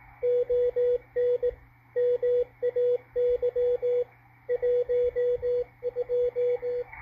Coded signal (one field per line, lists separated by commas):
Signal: Morse code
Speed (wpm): 19 wpm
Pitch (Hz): 490 Hz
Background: radio noise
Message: ON MAY 12